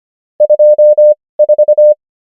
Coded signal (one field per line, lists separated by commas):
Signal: Morse code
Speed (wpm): 25 wpm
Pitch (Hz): 600 Hz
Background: none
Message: 24